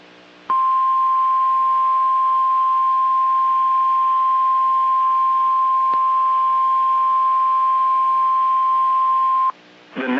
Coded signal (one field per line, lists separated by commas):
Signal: Emergency Alert System (SAME) tones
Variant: 1050 Hz attention tone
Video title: EAS - PDS severe thunderstorm Warning for Johnson county, TX (Destructive tornadoes possible!!)